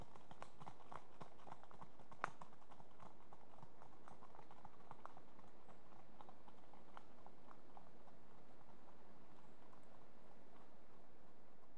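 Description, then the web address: Horse hooves trotting, a quiet, steady run of soft thuds and crunches that continues throughout, with one sharper knock near the start. Two horses trotting past on gravel. "BBC Sound Effects Library BBC 37-Horses. Two horses trot past on gravelly"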